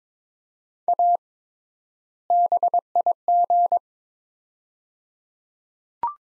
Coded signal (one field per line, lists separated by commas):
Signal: Morse code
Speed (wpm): 22 wpm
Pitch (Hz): 700 Hz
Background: none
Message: A BIG